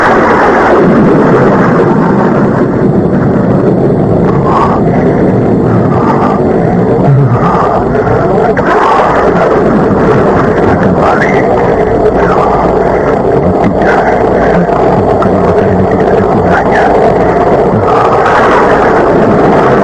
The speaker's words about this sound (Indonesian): Mendung berkulung-kulung di angkasa. Pranayam berlari-lari kecil. Dan hujan pun turun dengan lebatnya ketika Pranayam tiba kembali di mulut goa.